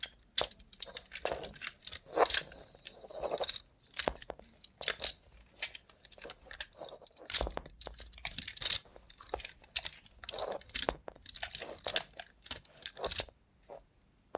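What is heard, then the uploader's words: Handling sounds from a robot hand: dense, irregular clicks, taps and rustles tumble one after another for the whole stretch, with no steady rhythm. The bright, crisp sounds come in short bursts, a few louder knocks around two and seven seconds. Try ASMR with a Robot Hand (No Talking).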